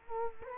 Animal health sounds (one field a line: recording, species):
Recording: mosquito wingbeat signal from an infrared sensor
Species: Culex quinquefasciatus